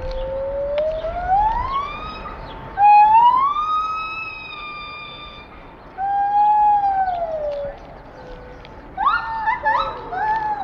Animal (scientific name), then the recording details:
Hylobates lar. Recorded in captivity. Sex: pair. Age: adult. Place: Tierpark Berlin, Berlin, DE. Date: 1985-12-14. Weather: bedeckt, diesig, 4 °C. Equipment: Sony WM-D6C, Sony ECM-939 LT, Kopie Tesla B 116. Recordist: Tembrock, Günter